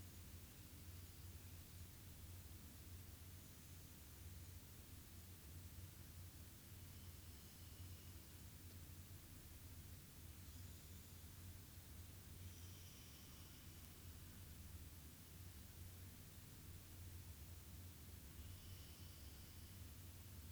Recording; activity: daily activity, guitar pickup as the sensor; sit